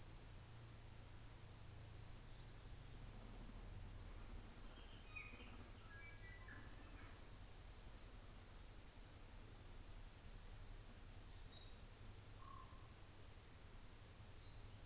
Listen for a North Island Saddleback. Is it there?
no